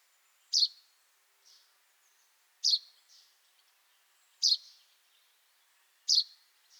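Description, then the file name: Common chaffinch uttering four loud, high, clipped notes roughly every two seconds, most followed by a faint soft note. "Fringilla coelebs"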